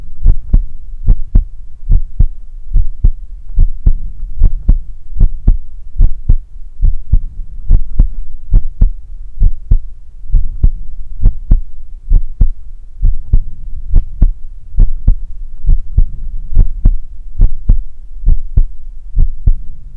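A steady adult heartbeat, close and low-pitched, at about 71 beats per minute, offered as ASMR for falling asleep to.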